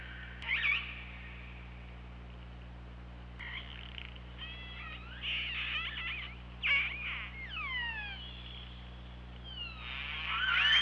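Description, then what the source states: Orca calls in a lively sequence: buzzy pulsed bursts, falling whistles and squeals over a steady low underwater drone. OrcaLab hydrophone, 24 August 2017, 23:36.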